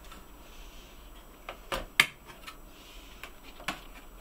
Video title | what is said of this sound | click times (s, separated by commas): ヤフオクで買った Vostro3470にM.2SSD取付、メモリ増設、Win11インストール | Push it all the way in and the stoppers on both sides will click into place. | 2.0 s